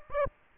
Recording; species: mosquito wingbeat signal from an infrared sensor; Aedes aegypti